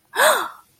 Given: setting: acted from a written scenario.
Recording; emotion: vocal sound without words; positive surprise